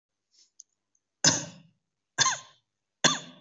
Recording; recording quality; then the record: heavy voluntary cough; excellent, no background noise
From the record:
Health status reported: COVID-19 positive, no symptoms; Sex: male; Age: 24 years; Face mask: not worn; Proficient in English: no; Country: India